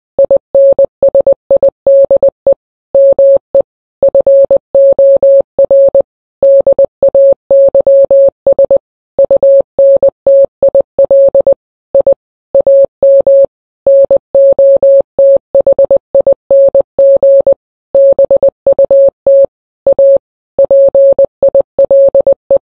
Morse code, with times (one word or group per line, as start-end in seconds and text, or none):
0.2-2.5 INSIDE
2.9-3.6 ME
4.0-6.0 FOR
6.4-8.8 DAYS
9.2-11.5 UNTIL
11.9-12.1 I
12.5-13.4 AM
13.9-17.5 NOTHING
17.9-19.4 BUT
19.9-20.2 A
20.6-22.6 PILE